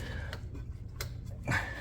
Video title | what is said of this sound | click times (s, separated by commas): Cub Cadet XT1 Maintenance Kit and Replacement Guide - LT42, LT46 | it clicks in place a little bit when you push it in so that's how you know it's on | 1.0 s